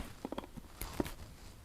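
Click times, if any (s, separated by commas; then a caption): none. A plastic nozzle attachment is pushed onto the end of a cordless Xiaomi handheld mini vacuum. Only a few faint, light taps and scrapes are heard, around 0.3, 0.8 and 1.0 seconds. The attachment has not clicked into place yet.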